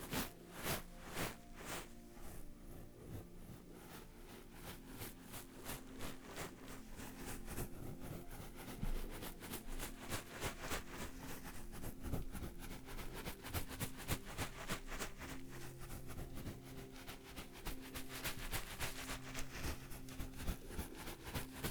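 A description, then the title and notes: A beanbag is turned and shaken, its filling rattling and crunching in dense, uneven bursts of crisp clicks that run the whole time, swelling louder in the second half. A steady low hum sits underneath throughout. Beanbag turning and shaking. In this episode I’ll be using a beanbag for binaural experience.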